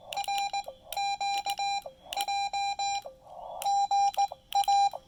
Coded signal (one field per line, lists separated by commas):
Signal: Morse code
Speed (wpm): 18 wpm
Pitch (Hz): 800 Hz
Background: none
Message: R QJ GA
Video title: POTA Field Report: Attempting to deplete the Xiegu X5105 internal battery at Lake Norman